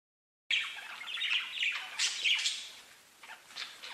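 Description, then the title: Budgerigar chatter beginning after a brief silence, a dense run of scratchy chirps and warbles with a few brighter notes. "Budgie Sounds"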